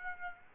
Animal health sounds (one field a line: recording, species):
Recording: mosquito wingbeat signal from an infrared sensor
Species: Aedes aegypti